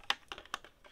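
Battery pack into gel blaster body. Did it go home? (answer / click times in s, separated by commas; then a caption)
no / none. A battery pack is being handled and pushed toward the battery compartment of a plastic Vasvarn UZI gel blaster, with its attachment point lined up with the one inside. Several sharp plastic taps sound at about 0.1, 0.3, 0.4 and 0.5 seconds. Nothing has seated or clicked yet.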